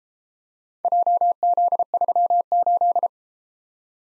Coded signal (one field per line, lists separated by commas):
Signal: Morse code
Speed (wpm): 32 wpm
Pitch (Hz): 700 Hz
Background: none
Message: JZ38